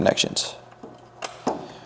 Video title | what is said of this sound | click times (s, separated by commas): NPE Pump Replacement | you hear that click you know they've gone just right so we got one more | 1.2 s